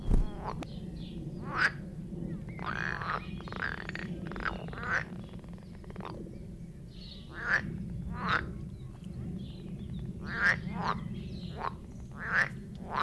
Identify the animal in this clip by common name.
Edible Frog